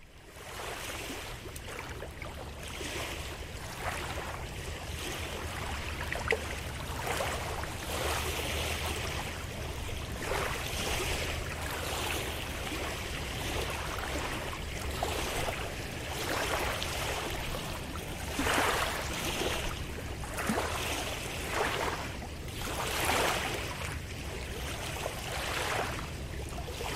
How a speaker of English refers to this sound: Walking along, you can hear the boats passing by and make waves.